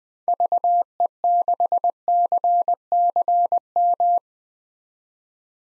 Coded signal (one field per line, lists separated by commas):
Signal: Morse code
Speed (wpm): 21 wpm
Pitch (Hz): 700 Hz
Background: none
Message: VE6CCM